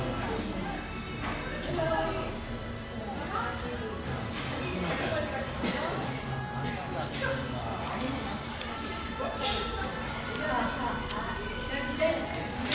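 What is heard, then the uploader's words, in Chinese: A recording from Seoul, South Korea, filled with a dense murmur of many overlapping voices that never lets up. The level holds steady throughout, with a few brief sharper clatters and clicks, one standing out around nine seconds. 韓國首爾（서울）。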